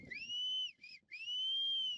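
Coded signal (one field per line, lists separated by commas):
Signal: whistled language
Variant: High Atlas Amazigh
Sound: loud whistled glides: a rising-falling whistle, a short dip, then a long rising held whistle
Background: faint low rumble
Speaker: Across peaks, they whistle at each other in a centuries-old language, now jeopardized by rural flight.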